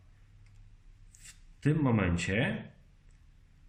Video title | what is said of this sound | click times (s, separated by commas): 💥Haft komputerowy💥 - Regulacja nici spodniej | bardzo ważne jest to żeby docisnąć palcem żeby było słychać kliknięcie czyli a w tym momencie bębenek jest poprawnie założony | 1.1 s